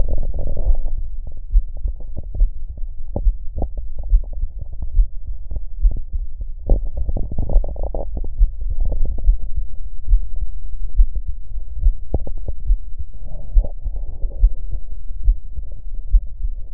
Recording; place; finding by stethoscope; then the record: heart sounds by stethoscope; mitral valve (MV); normal heart sounds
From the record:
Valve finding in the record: mitral regurgitation, grade 1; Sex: male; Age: 78 years